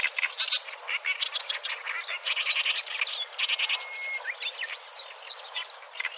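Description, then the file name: Oriental reed warbler singing a dense, scratchy run of fast varied notes, chattering and creaky, with quick upward and downward sweeps throughout. "oyosik"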